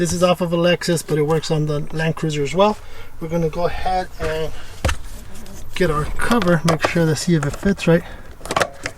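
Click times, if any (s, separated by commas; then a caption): 8.9 s. Someone talks while pressing a plastic cabin air filter cover, taken from a Lexus 470 but fitting the 100 Series Land Cruiser as well, back onto the filter box. A quick cluster of sharp plastic snaps follows near the end, and the cover is seated with a final snap at 8.9 s.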